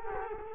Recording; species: mosquito wingbeat signal from an infrared sensor; Culex quinquefasciatus